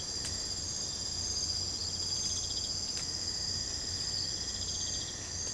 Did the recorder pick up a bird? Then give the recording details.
no. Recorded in secondary vegetation near Puerto Asís, Putumayo, Colombia, on 22 December 2024 at 02:00. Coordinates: 0.499, -76.323. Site G010